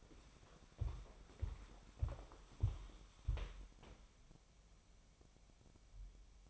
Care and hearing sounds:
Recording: daily activity, microphone in the room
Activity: walk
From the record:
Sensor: 1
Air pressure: 1015.3 hPa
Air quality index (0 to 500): 123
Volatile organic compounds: 4 ppm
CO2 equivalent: 1686 ppm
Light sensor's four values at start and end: 15/37/15/17 and 14/35/14/16

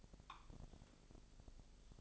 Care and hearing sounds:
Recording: daily activity, microphone in the room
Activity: take from stove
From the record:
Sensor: 5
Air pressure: 999.4 hPa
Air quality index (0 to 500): 223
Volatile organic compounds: 21 ppm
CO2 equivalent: 2724 ppm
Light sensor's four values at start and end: 30/68/28/28 and 32/73/29/29

